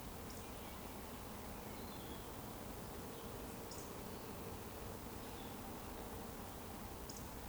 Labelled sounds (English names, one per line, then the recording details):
Eurasian Woodcock whistle
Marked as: whistle, whistle, whistle
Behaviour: display flight
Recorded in Baden-Württemberg, Germany, on 23 June 2020 at 19:29 UTC
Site 14569, 102 m above sea level